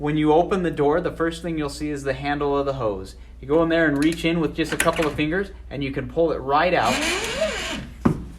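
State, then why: Seated. A retractable central-vacuum hose is pulled out of its wall hose inlet while someone talks, with a broadband rushing noise as it slides out. At 8.1 s a sharp click is heard as the hose reaches full extension and locks into position.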